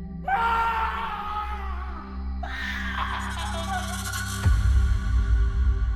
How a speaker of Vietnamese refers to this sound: Lại một tiếng gào thét đau đớn vang lên, làm Giáp sợ hãi, cúi rạp người xuống mép đất. Tiếng kêu la rất thảm thiết